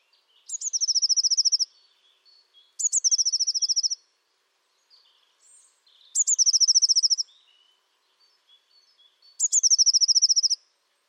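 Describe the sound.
Bird delivers four high, fast trills of about a second each, spaced a few seconds apart, with faint short chips in the gaps.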